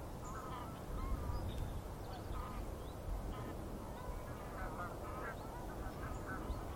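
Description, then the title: Goose: geese honking and clamouring, many brief nasal calls overlapping in a lively chorus, growing slightly louder after the first second, over low rumbling noise. Gaggles of geese in fields by the River Thame, England, UK, morning of 23 September 2023, excited by floodwater across the meadows. "Gaggles of geese, River Thame, England, UK on 23rd September 2023"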